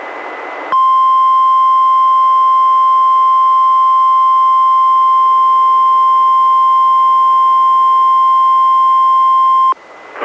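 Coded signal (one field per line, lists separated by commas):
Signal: Emergency Alert System (SAME) tones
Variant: 1050 Hz attention tone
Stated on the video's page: Required weekly test relayed by a NOAA Weather Radio station, recorded from a Midland WR-120EZ's external alert jack into a Zoom H1 recorder.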